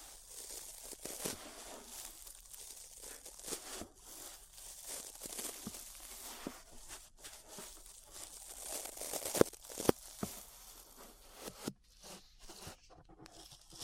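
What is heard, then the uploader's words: Brushing right at the ear, a dense, scratchy rustle that swells and fades in irregular strokes for the whole stretch. The sound is bright and hissy, with small crackles and crinkles throughout, two sharper clicks just after nine seconds, and brief near-silent gaps near twelve seconds. ASMR Relaxing 3Dio Ear Brushing (No Talking).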